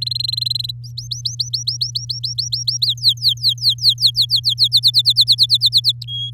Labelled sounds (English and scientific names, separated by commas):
Domestic Canary (Serinus canaria) song